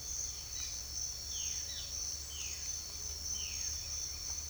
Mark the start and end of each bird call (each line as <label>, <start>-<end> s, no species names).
bird call, 0.90-3.76 s